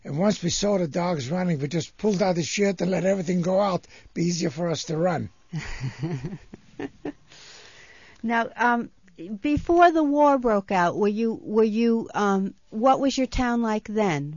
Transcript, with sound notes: And once we saw the dogs running we just pulled out the shirt and let everything go out, it would be easier for us to run. (laughs)
Now, before the war broke out, were you, what was your town like then?